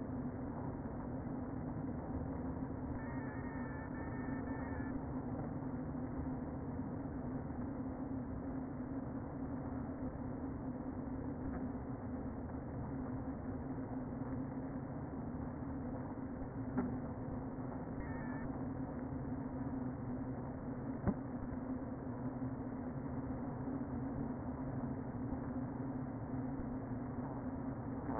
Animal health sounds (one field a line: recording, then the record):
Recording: honeybee colony, microphone inside the hive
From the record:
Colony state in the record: queen present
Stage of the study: before two queens were removed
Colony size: about 60,000 bees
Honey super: yes